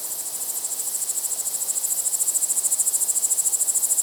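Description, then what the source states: Cricket chirping, a very high steady pulsing trill of fast even beats, growing slightly louder at first, with nothing else heard. Crickets at night.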